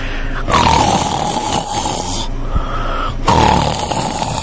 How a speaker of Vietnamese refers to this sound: Khấu Trọng đổ vật vào lòng nàng, còn phát ra tiếng ngáy khò khò.